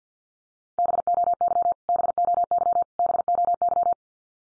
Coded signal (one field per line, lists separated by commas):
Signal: Morse code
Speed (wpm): 50 wpm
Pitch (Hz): 700 Hz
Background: none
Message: BOY BOY BOY